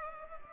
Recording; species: mosquito wingbeat signal from an infrared sensor; Culex pipiens